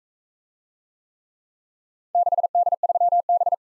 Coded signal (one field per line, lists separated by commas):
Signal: Morse code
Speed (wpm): 39 wpm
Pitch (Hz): 700 Hz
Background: none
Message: 6D3B